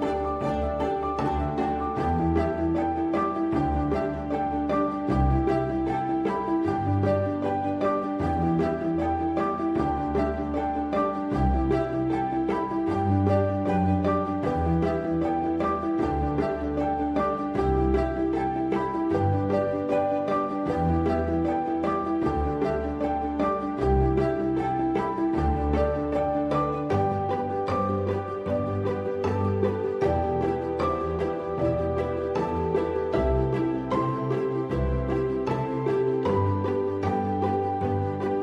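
A chill lofi hip hop beat plays at a steady, even level for the whole stretch. A regular drum pattern ticks along over warm, low bass notes that shift every couple of seconds, with sustained chords filling the middle.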